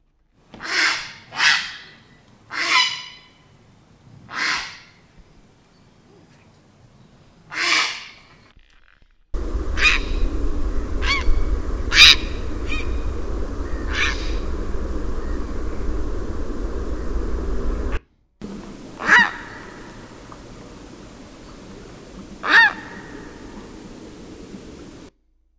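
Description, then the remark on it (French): Harsh, rasping grey heron calls, about five loud croaks in quick succession, then more scattered squawks over a steady background hiss, with a brief silence partway through. “Voilà, c'est le héron cendré.”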